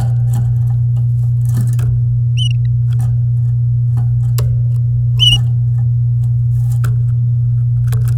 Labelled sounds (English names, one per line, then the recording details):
Domestic Canary song
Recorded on 11 May 2018 at 09:13
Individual llb16